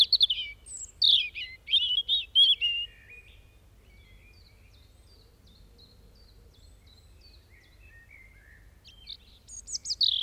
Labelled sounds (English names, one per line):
European Robin song